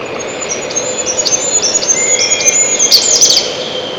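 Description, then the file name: Siberian chiffchaff song: a rapid string of high, slurred chips that thickens near the end, steady hum underneath. "пеночка печальная"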